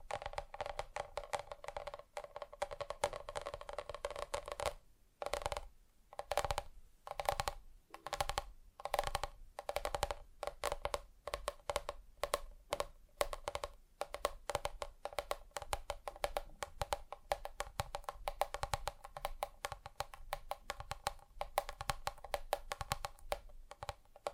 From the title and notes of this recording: ASMR Just Tapping (Different Surfaces No Talking).